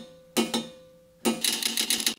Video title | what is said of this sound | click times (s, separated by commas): Best Budget Torque Wrench? 10 Tested, Pittsburgh, EPAuto, Capri, Tekton, Sunex, Lexivon | all right so that was the hyper tough now we have the pittsburgh | 0.4 s